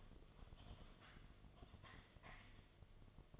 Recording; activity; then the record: daily activity, microphone in the room; typing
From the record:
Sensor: 4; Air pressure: 1005.2 hPa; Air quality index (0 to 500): 182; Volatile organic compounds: 5 ppm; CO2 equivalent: 1791 ppm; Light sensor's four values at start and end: 6/12/5/4 and 6/12/5/4